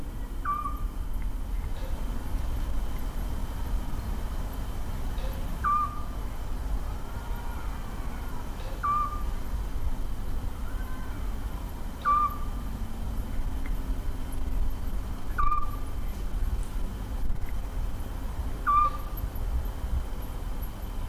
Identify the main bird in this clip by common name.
Eurasian Scops Owl